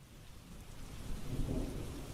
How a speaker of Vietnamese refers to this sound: Ngoài trời lúc này mưa lại bắt đầu rơi tầm tã.